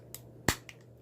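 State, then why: Seated. A flight battery is slid into the battery bay at the back of a small plastic Holy Stone Bolt Bee quadcopter and pressed in until it snaps. A sharp, bright snap at 0.5 s seats it home, with faint ticks at 0.1 s and 0.7 s.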